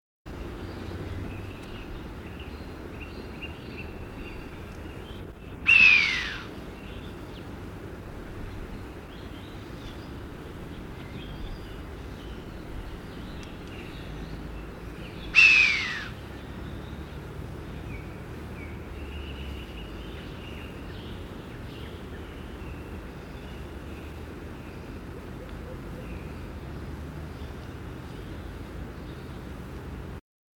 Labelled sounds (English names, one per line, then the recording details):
Long-eared Owl call
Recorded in the wild
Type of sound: call
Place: Sinaia, Transilvania, RO
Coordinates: 45.331, 25.562
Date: 1976-05-28 20:22
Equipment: Nagra III BH, Sennheiser MD 21, parabola
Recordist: Schubert, Michael
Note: Zwei heisere Langrufe einer Eule